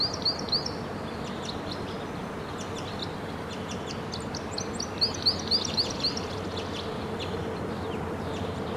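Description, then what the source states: White-winged crossbill singing two quick bursts of high, trilled chirps, one at the start and one after a pause, over steady background hiss. Red male perched at the top of a tall tree, singing; kept singing after playback of its song drew no response.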